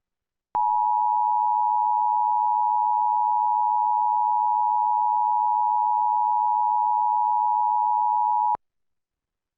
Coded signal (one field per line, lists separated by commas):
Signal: Emergency Alert System (SAME) tones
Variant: 853 and 960 Hz attention tone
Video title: TV EAS #19 (EAS #26): Severe Thunderstorm Warning #4, 7/13/15